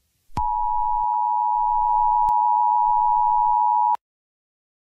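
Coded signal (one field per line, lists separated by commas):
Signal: Emergency Alert System (SAME) tones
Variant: 853 and 960 Hz attention tone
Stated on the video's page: Valid alert tones within an animated short film.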